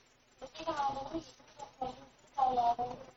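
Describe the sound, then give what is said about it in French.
A person imitates a duck, giving three raspy, nasal quacks in quick succession, the last one loudest, with short pauses between them. “Canard. C'est un canard.”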